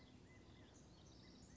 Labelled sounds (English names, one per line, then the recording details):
California Quail
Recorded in Sonoma County, California